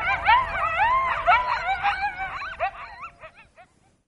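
A coyote gives wavering, arched howls and quick yips that come in a rapid series, growing shorter and fainter until they fade out at the end.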